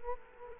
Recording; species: mosquito wingbeat signal from an infrared sensor; Culex quinquefasciatus